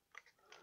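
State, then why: Seated. A plastic bomb bay frame is pushed through the sides of the fuselage of a 1/48 ICM B-26 Marauder model (2024 kit) and clicks into place. A sharp click is heard at 0.2 s, followed by fainter plastic rubs and knocks. The frame is seated.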